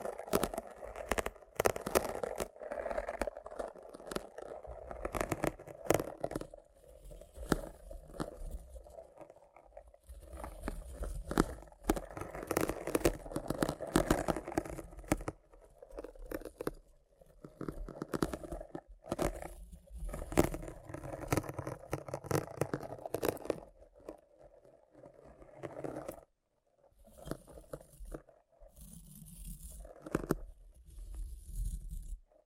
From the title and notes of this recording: ASMR Rough Brain Cleaning and Picking (No Talking).